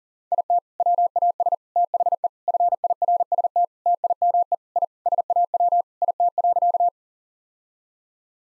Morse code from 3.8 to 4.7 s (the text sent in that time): TIME